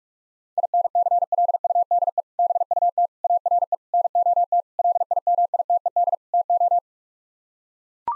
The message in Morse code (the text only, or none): INCLUDE BUT ARE NOT LIMITED TO